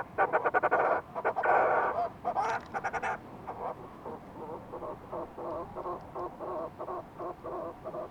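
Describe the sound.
Fulmar prion harsh throaty calls: loud rapid pulsed bursts in the first three seconds, then a steadier series of short rasping notes.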